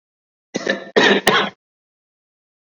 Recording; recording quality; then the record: shallow voluntary cough; excellent, no background noise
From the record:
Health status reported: COVID-19 positive, mild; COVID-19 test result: positive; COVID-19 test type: rapid antigen test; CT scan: not taken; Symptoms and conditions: cough, breathing difficulty, fever, fatigue, muscle pain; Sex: male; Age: 34 years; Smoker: no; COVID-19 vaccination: both doses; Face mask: worn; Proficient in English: no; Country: India